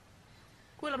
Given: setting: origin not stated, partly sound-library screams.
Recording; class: one-second piece from a danger detection set; normal situation